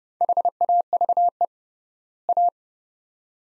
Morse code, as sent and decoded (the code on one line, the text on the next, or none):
.... .- ...- . / .-
HAVE A